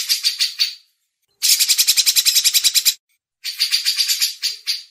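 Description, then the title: Grey-cheeked bulbul in three bursts of quick buzzy chatter with brief silent breaks between them. Masteran training audio. "MASTERAN CUCAK JENGGOT"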